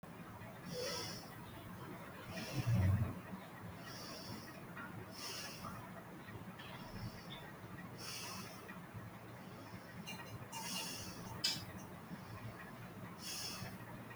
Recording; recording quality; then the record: deep breathing; excellent, no background noise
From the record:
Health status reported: healthy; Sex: female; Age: 20 years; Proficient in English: yes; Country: India